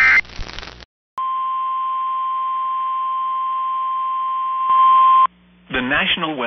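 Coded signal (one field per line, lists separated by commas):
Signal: Emergency Alert System (SAME) tones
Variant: 1050 Hz attention tone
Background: speech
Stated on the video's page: Real captured EAS alerts from Virginia and New York.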